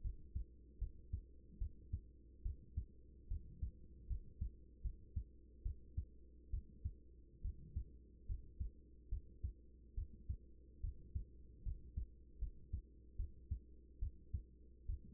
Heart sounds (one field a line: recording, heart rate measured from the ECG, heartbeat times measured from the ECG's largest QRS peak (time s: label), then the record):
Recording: heart sounds by stethoscope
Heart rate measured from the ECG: 73 bpm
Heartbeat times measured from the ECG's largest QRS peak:
0.01 s: heartbeat
0.78 s: heartbeat
1.58 s: heartbeat
2.42 s: heartbeat
3.28 s: heartbeat
4.07 s: heartbeat
4.81 s: heartbeat
5.62 s: heartbeat
6.50 s: heartbeat
7.41 s: heartbeat
8.26 s: heartbeat
9.09 s: heartbeat
9.94 s: heartbeat
10.80 s: heartbeat
11.63 s: heartbeat
12.38 s: heartbeat
13.16 s: heartbeat
13.99 s: heartbeat
14.86 s: heartbeat
From the record:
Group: healthy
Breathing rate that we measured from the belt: 15 breaths a minute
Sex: female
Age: 24 years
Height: 163 cm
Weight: 55.7 kg